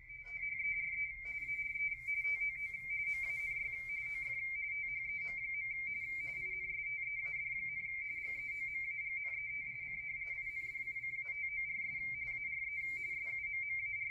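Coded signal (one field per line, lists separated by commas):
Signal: RTTY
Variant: W1AW bulletin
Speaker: so this is the decoding from the Jesus who has rtt1 decoding capabilities on the 80 meter band of that bulletin right now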